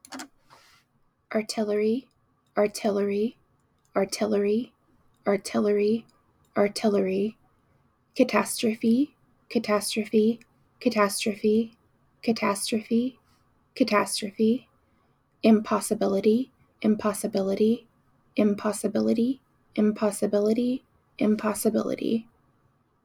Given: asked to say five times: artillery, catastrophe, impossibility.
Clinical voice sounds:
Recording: three words, each repeated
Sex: female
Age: 30 to 39 years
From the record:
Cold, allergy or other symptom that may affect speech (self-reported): no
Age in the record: 35 years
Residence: Oregon, United States

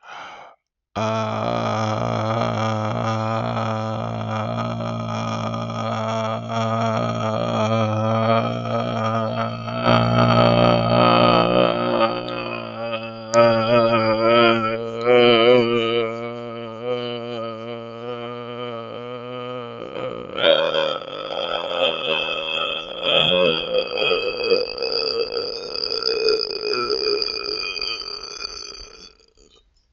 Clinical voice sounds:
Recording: vowel held as long as possible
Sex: male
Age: 30 to 39 years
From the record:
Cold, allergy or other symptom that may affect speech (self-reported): no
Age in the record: 32 years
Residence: Illinois, United States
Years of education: 16

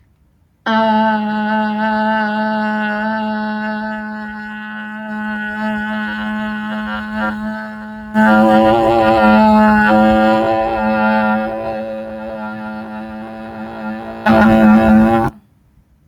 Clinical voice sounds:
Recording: vowel held as long as possible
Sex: female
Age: 20 to 29 years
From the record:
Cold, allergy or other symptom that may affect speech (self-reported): no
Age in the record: 20 years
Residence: Florida, United States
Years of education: 15

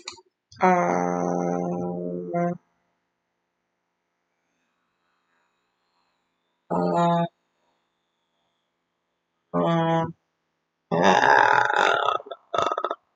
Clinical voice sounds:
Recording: vowel held as long as possible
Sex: female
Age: 20 to 29 years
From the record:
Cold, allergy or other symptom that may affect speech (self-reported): no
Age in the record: 27 years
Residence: South Carolina, United States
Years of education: 13

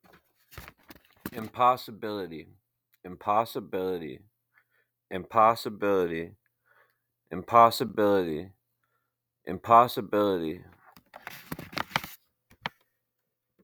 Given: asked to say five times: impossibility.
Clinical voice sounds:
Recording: repeated word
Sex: male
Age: 20 to 29 years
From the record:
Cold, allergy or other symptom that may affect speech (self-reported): no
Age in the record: 28 years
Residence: Minnesota, United States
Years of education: 12

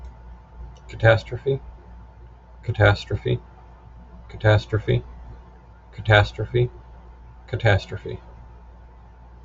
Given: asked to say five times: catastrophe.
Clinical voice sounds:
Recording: repeated word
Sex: male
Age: 30 to 39 years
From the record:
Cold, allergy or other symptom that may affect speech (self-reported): no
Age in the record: 38 years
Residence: Oregon, United States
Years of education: 9

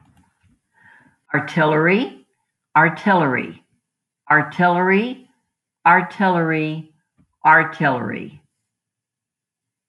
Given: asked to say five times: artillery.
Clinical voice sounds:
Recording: repeated word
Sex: female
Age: 70 to 79 years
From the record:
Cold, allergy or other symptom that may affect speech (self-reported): no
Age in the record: 73 years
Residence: Texas, United States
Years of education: 20

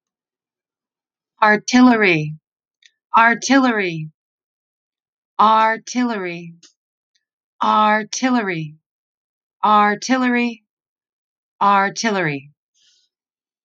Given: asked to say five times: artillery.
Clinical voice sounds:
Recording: repeated word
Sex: female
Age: 40 to 49 years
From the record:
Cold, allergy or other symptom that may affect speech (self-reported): no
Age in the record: 43 years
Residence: Connecticut, United States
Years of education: 15

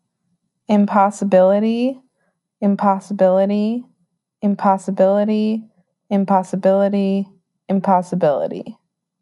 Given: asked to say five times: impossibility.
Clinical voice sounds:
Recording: repeated word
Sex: female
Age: 20 to 29 years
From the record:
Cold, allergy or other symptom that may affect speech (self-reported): no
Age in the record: 21 years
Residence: Illinois, United States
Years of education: 15

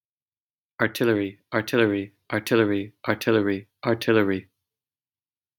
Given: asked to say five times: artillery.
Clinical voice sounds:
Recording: repeated word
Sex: male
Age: 30 to 39 years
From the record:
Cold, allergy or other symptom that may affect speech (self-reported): no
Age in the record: 38 years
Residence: Michigan, United States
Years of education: 18

